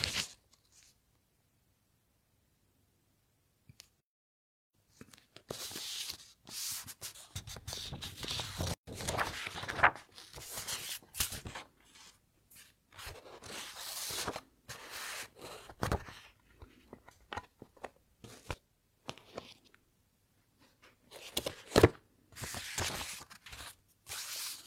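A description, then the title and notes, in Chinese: A pencil writing on paper, making a dry scratchy rustle. The first five seconds are nearly silent apart from a tap at the start, then strokes come in dense irregular bursts with brief pauses, a louder flurry near twenty-two seconds. 铅笔写字沙沙声。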